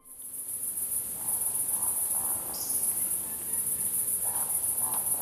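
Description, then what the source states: Eurasian woodcock display calls: a few low grunting croaks followed by a sharp high squeak, then more grunts, over a steady loud high-pitched insect chorus. Recording of woodcocks played back in the programme.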